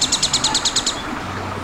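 Bird calls: a rapid, even series of high chirps lasting under a second, then quiet.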